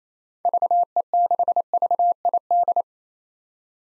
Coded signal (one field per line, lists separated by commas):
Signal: Morse code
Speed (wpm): 28 wpm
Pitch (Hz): 700 Hz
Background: none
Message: VE6VID